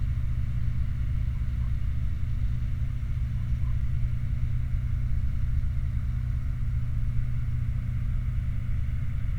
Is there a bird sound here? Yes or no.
no